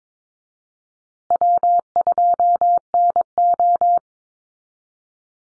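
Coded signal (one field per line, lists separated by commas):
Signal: Morse code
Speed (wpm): 22 wpm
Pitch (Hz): 700 Hz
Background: none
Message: W2NO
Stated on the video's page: Morse code callsign drill at 22 wpm for head-copy practice, each easy 1x2 or 2x1 callsign sent twice, spoken, then sent again.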